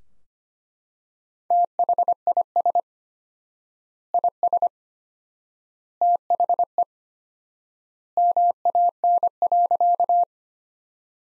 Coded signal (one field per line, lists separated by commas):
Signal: Morse code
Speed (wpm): 25 wpm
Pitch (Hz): 700 Hz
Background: none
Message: THIS IS THE MAN.